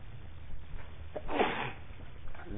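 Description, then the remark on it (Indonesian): A single sharp sneeze bursts out about halfway through, a quick breathy explosion over a steady low background hum, with no talking around it. “Alhamdulillah.”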